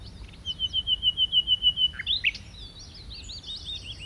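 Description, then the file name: Common nightingale song: a long run of rapidly repeated whistled notes at a steady pitch, a sharp rising note, then softer twittering. "Luscinia megarhynchos"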